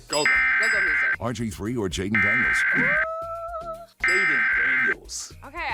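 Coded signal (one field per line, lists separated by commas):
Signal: Emergency Alert System (SAME) tones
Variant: header bursts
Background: speech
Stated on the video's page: Required monthly tests captured from DC and Maryland TV and FM broadcast relays, plus NOAA Weather Radio required weekly tests.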